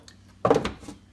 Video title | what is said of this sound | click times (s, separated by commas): 4Runner LED Headlights + Fog Light Install - Auxbeam Unboxing / Review - JN50 | You'll feel both click into place as soon as you get them set, and your fog light will be in. | 0.5 s